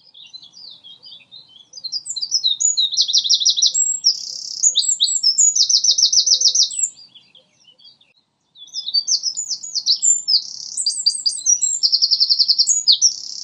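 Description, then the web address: Common nightingale singing varied phrases: quick chattering notes, dense rapid-fire repeated units and sharp whistles, with a brief silent gap midway before singing resumes. More than one nightingale, recorded at Lodge Hill. "owen Lodge Hill nightingales"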